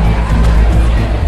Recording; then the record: background sound without coughing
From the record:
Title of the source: Party Noise 1 Hour Party Ambience